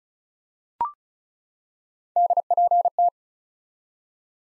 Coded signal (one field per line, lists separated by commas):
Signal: Morse code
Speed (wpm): 36 wpm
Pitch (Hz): 700 Hz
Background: none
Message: DPT